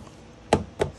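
A plastic piece of a child's scooter, one of its two pieces, is pushed into the scooter body during assembly and snaps into place with a sharp knock-like click at 0.5 s. A second, quieter knock follows at 0.8 s. The piece is seated.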